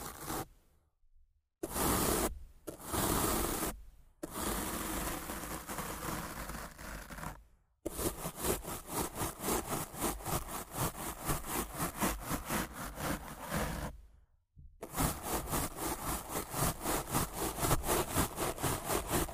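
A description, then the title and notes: Rough scratching and brushing right on a microphone, loud and close, in rhythmic bursts of fast rasping strokes broken by brief silent gaps. Rough Mic Scratching & Brushing (No Talking).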